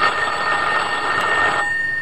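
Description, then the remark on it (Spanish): A telephone bell rings in a steady, bright metallic trill that holds for about a second and a half, then cuts off abruptly, leaving a faint high tone. “Se sobresaltó cuando escuchó el timbre del teléfono.”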